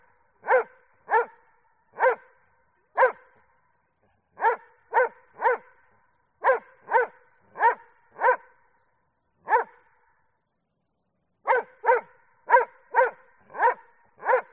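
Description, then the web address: Dobermann: steady barking, about eighteen barks in loose clusters with gaps of up to two seconds, each ringing briefly afterward. Barking in the street, with echo. "el sonido del ladrido de un doberman con eco en la calle"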